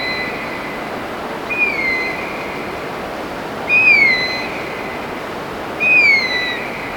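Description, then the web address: Philippine eagle giving three thin, high whistled notes, each sliding downward, repeated about every two seconds over a steady high insect-like drone. "chant xeno-canto aigle des singes"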